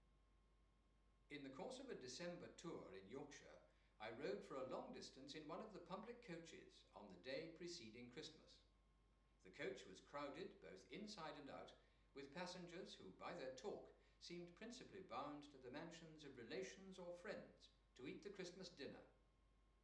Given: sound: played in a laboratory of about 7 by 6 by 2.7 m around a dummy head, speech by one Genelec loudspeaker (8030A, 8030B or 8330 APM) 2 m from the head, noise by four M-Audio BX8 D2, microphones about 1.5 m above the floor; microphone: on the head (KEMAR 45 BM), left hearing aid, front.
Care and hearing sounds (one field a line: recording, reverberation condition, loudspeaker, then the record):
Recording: male speech in English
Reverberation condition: medium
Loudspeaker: 30 degrees to the left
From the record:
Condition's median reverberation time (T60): about 510 ms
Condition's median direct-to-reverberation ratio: about -0.5 dB